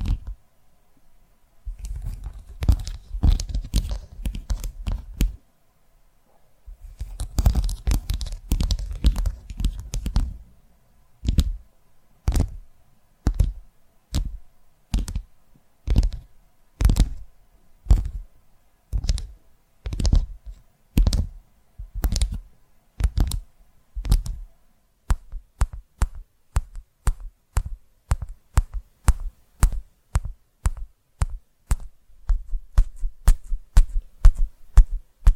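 Crisp tapping, starting in dense rustly bursts, then settling into steady single taps that quicken toward the end.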